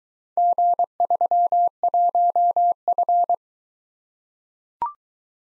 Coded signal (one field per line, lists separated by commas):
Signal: Morse code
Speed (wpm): 22 wpm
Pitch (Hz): 700 Hz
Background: none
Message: G31F